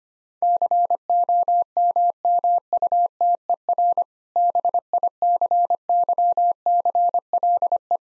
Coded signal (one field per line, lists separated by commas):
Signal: Morse code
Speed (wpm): 25 wpm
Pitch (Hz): 700 Hz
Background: none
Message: COMMUTER BICYCLE